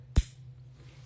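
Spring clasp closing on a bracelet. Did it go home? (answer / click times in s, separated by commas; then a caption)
yes / 0.2 s. A spring-loaded clasp on a black-and-white enamel bracelet is closed by hand, its spring pulling it shut. A single sharp click sounds at 0.2 s, then only faint low background hum follows. The clasp snaps closed and seats securely.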